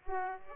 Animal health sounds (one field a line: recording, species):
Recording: mosquito wingbeat signal from an infrared sensor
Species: Aedes aegypti